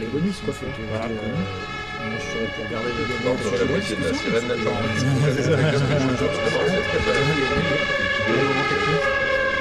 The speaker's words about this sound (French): Alors putain de sirènes, comme elles sont fortes, tu regardes sur la cour.